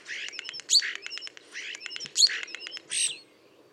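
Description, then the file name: Common starling song: clicking bursts mixed with high whistles and short slurred notes, two similar phrases a second and a half apart. "Storno"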